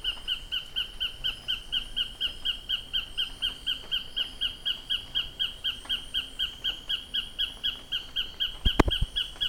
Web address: sound Tacarcuna-tapaculo